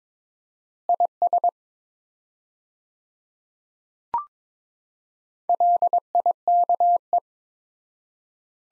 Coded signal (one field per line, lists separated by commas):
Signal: Morse code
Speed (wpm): 22 wpm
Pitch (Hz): 700 Hz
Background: none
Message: IS LIKE